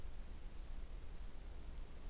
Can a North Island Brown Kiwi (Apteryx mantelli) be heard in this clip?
no